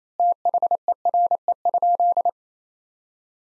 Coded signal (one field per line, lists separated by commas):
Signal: Morse code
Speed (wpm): 28 wpm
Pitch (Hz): 700 Hz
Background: none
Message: THERE?